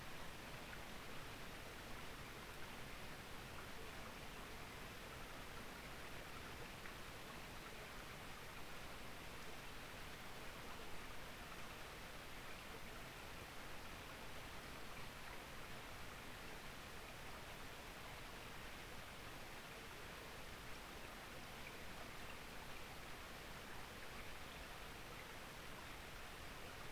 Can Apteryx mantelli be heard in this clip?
no